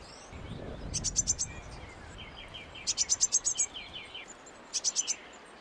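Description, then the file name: Eurasian blue tit calling: fast runs of thin, high notes in three bursts, with lower slurred chips between them and a brief low thump near the start. "Cyanistes caeruleus"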